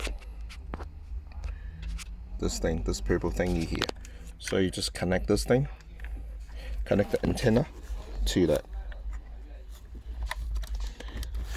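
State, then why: Seated. Someone talks while pushing the CarPlay antenna cable plug onto the purple connector at the back of the head unit of a BMW 218i 7 seater, with soft handling taps and scrapes in between. The loudest sharp hit comes at 10.3 s as the antenna connector clicks in and seats.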